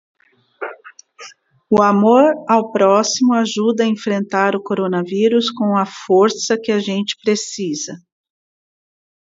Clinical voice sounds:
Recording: spoken sentence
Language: Brazilian Portuguese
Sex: female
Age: 50 to 59 years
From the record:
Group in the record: control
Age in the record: 55 years

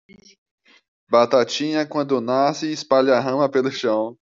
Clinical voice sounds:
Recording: short text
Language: Brazilian Portuguese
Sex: male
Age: 20 to 29 years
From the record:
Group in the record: control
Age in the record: 29 years

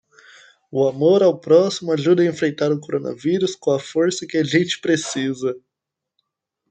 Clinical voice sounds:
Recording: spoken sentence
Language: Brazilian Portuguese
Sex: male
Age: 20 to 29 years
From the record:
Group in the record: control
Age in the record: 25 years

